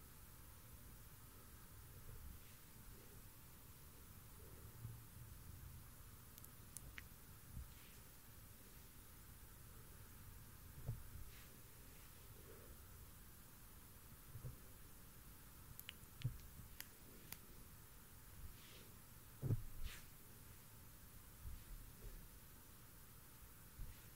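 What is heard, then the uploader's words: Quiet hand movements and soft mic touching over a steady low hiss, with no talking. Faint brushing and rubbing shifts constantly, broken by occasional light taps and bumps, clustered around the middle and near twenty seconds. ASMR DELICATE HAND MOVEMENTS AND MIC TOUCHING FOR 1 HOUR! ASMR MIC TAPPING, GENTLE ASMR NO TALKING.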